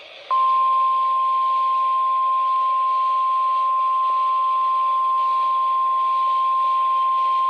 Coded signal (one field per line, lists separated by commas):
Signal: Emergency Alert System (SAME) tones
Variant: 1050 Hz attention tone